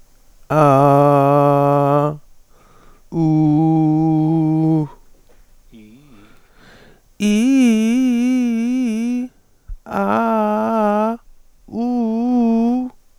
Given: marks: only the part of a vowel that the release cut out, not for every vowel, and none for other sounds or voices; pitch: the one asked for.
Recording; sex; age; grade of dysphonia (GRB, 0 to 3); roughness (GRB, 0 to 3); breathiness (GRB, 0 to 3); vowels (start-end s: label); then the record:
sustained vowels; female; 50 to 59 years; 0; 0; 0
0.81-1.95 s: vowel /a/, low pitch
3.45-4.76 s: vowel /u/, low pitch
7.27-7.93 s: vowel /i/, low-high-low pitch
10.00-10.64 s: vowel /a/, low-high-low pitch
12.09-12.72 s: vowel /u/, low-high-low pitch
From the record:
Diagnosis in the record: healthy voice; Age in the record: 50 years